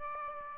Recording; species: mosquito wingbeat signal from an infrared sensor; Aedes aegypti